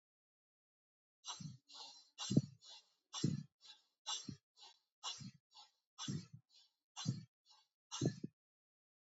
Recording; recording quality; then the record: shallow breathing; excellent, no background noise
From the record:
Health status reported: healthy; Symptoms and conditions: diabetes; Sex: male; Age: 57 years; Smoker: not ticked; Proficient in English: yes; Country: India